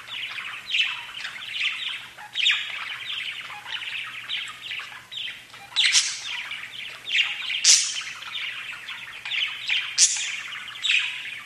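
Budgerigar warble of rapid buzzy chirps and squeaks, running on without pause, with a few louder shrill notes.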